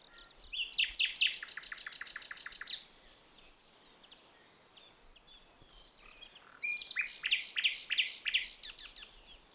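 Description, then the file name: Common nightingale song in two long phrases of fast, loud, repeated rattling notes separated by a pause, with faint bird calls between. "Luscinia megarhynchos"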